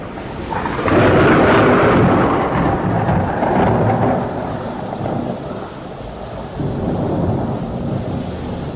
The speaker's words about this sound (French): Oh, écoutez plutôt. Une source! De l'eau! C'est un nouveau mirage, Georges. Pourtant, on jurerait bien.